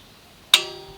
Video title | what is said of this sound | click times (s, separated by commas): rear drum brake inspection | did you hear that that was the click | 0.5 s